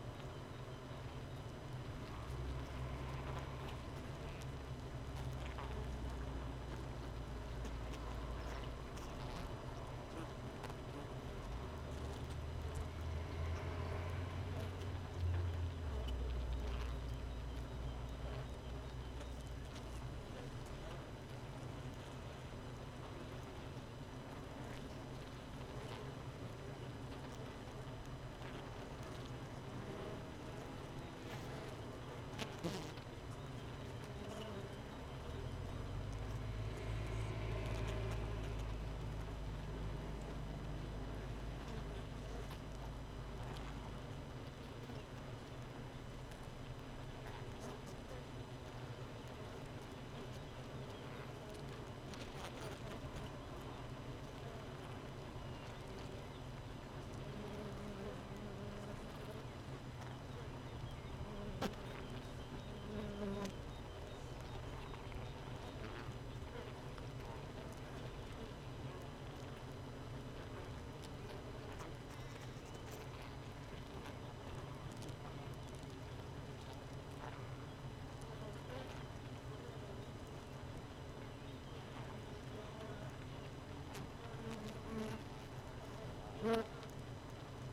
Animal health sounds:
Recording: honeybee colony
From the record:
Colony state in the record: missing queen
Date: 31 May 2018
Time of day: 4:47

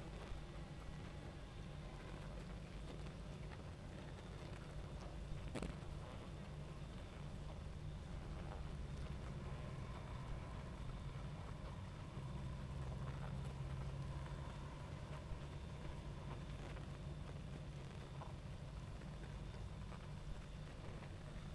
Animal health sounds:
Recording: honeybee colony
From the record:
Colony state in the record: active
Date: 28 July 2017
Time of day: 22:34

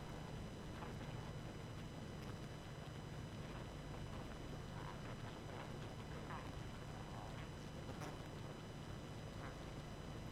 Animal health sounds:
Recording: honeybee colony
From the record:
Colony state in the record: active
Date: 12 June 2018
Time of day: 22:55

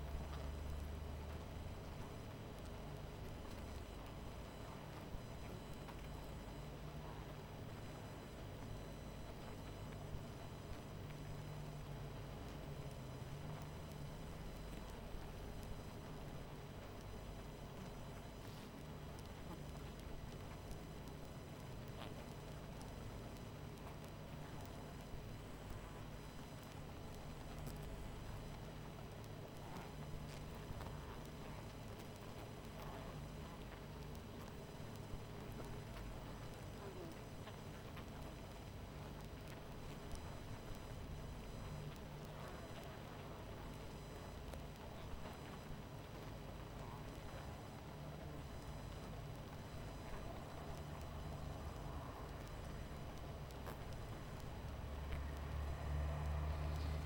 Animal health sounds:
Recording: honeybee colony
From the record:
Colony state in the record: missing queen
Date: 14 July 2017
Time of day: 22:42

